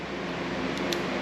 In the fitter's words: and it locks in place so you can use those uh that